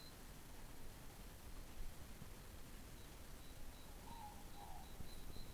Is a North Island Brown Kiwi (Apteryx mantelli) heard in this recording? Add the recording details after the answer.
no. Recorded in New Zealand on 11 December 2014. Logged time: 22:44. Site CF20